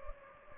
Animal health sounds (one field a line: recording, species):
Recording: mosquito wingbeat signal from an infrared sensor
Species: Anopheles gambiae